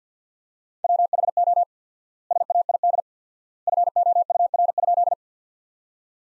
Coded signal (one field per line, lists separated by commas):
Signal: Morse code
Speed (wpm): 50 wpm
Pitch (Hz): 700 Hz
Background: none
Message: WHO SAID FOUR?